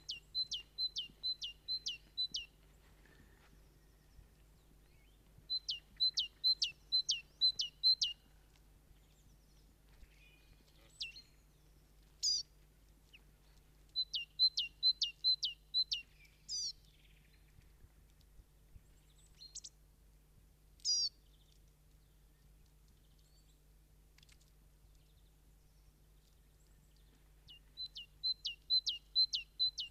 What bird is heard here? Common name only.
Great Tit